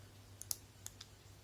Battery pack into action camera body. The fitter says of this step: c'est pas bon c'est pas bien clipser